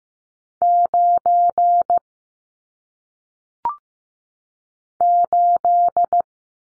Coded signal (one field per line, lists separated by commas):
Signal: Morse code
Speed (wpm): 15 wpm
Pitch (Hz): 700 Hz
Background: none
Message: 9 8